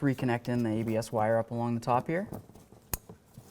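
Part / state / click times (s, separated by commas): ABS sensor wiring connector into its mating harness plug / seated / 2.9 s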